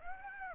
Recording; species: mosquito wingbeat signal from an infrared sensor; Aedes aegypti